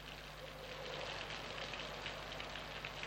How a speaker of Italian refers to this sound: Segregata nella sua casa solitaria, perennemente battuta dalla pioggia, la signora Alving finalmente osa sperare in un'impossibile schiarita.